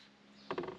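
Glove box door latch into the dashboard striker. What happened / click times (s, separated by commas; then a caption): The glove box door latched shut / 0.5 s. The reinstalled glove box door on a 2009-2018 Subaru Forester, refitted after a cabin air filter replacement, is closed against the dashboard striker to check the repair. After a quiet low hum, a sharp latch click lands at 0.5 s, followed by softer rattling knocks around 0.6 s and 0.7 s. The latch catches and the door is seated shut.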